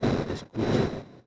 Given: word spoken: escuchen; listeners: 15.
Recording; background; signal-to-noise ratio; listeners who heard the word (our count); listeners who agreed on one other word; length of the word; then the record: one Spanish word in noise, from a listening test; noise modulated by one talker; -8.7 dB; 0 of 15; 8 of 15; 0.86 s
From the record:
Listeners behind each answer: 8, 5, 2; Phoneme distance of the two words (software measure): 17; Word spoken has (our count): 3 syllables, 7 phonemes, stress on syllable 2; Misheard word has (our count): 3 syllables, 6 phonemes, stress on syllable 2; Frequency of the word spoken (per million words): 1.59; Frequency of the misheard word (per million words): 25.95